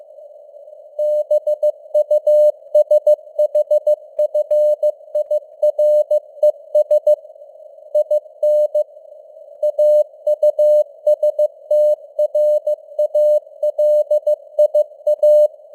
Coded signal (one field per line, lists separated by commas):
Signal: Morse code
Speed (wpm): 15 wpm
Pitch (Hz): 600 Hz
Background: none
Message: BUSHFIRES IN AUSTRALIA